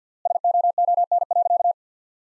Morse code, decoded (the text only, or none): SOON.